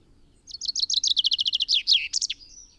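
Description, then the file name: Common chaffinch singing one phrase of bright repeated notes that descend gradually, then breaks into a short twisting flourish at the end; quiet background. "Fringilla coelebs"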